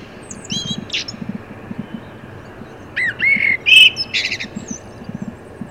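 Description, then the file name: Common blackbird song, quieter, with one clear phrase of fluted whistles and high twittered notes, plus faint scattered chirps and a soft low pulsing sound. "Turdus merula"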